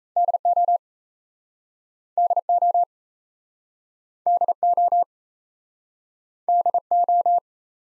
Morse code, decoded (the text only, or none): DO DO DO DO